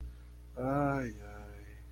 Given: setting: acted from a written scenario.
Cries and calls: vocal sound without words; sadness

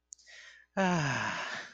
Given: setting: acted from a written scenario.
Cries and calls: vocal sound without words; contentment

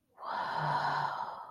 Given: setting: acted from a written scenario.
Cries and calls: vocal sound without words; awe

